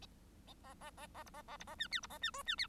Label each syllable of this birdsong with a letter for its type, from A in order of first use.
A A A A A B A A B A C D B A C E C D